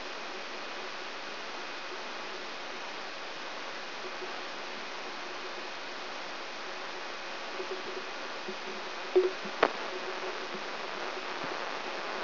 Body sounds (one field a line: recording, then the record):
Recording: brain microelectrode recording played as sound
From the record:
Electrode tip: inside the subthalamic nucleus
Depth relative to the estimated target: 1 mm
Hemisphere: left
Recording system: AlphaMap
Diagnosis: Parkinson's disease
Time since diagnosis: 23 years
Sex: male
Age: 65 years